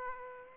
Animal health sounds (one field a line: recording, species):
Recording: mosquito wingbeat signal from an infrared sensor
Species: Aedes aegypti